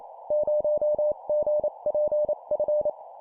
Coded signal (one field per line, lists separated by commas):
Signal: Morse code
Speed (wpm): 28 wpm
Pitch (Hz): 600 Hz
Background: none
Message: 0GPF